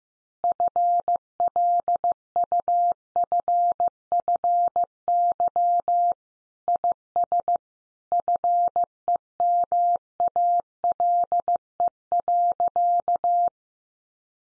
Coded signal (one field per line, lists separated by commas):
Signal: Morse code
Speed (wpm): 15 wpm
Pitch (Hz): 700 Hz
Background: none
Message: FLUFFY IS FEMALE.